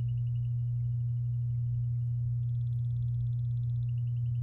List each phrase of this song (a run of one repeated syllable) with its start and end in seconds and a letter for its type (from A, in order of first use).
4.42-4.42 A